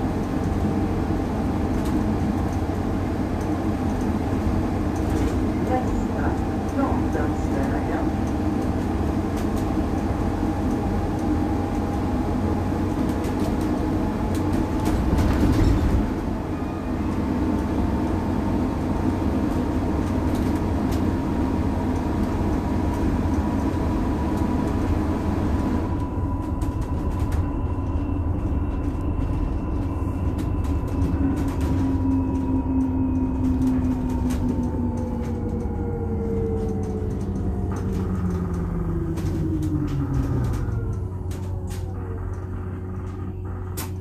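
A bus ride heard from inside, with a loud, steady low engine rumble throughout. A whining tone slowly climbs, then slides down after about 30 seconds as the bus slows. A short rattle comes near 15 seconds, and the sound turns duller after 26 seconds.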